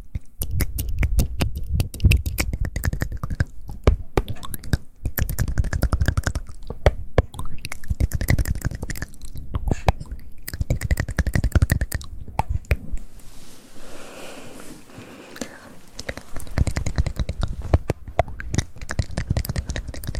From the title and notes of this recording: ASMR Mouth Sounds and Hand Sounds.